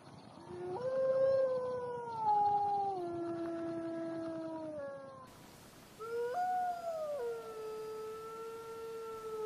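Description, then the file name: Wolf howls, long tonal notes stepping down in pitch with harmonics, a pause, then a second howl rising sharply and settling into a steady falling tone. "Wolf Howling"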